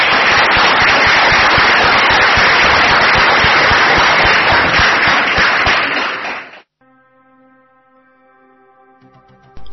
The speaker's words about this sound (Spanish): Pues nada, vamos a darle las gracias aquí al maestro, ¿no? Y a ustedes por haber venido. Y un aplauso para los compañeros.